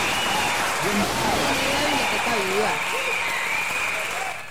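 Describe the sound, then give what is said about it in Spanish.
Sustained, loud applause from an audience welcoming the guest, introduced as Generalísimo Francisco, fills the whole stretch, a dense steady clatter of clapping with voices rising and falling over it before it starts to fade at the end. “Sin más preámbulos y con un fuerte aplauso recibamos nada más y nada menos que al generalísimo Francisco.”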